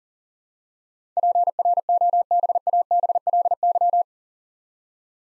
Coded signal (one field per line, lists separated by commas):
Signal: Morse code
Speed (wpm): 41 wpm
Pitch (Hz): 700 Hz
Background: none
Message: PROBABLY